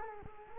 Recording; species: mosquito wingbeat signal from an infrared sensor; Culex quinquefasciatus